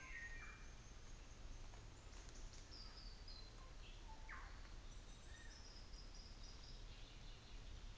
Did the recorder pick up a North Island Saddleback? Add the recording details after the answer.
no. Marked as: faintness 5/5. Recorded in New Zealand on 24 December 2018. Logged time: 10:15